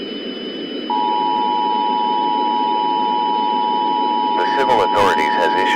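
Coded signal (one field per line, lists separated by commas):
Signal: Emergency Alert System (SAME) tones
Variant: 853 and 960 Hz attention tone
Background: speech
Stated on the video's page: Fictional EAS scenario about Talking Angela; simulated alert.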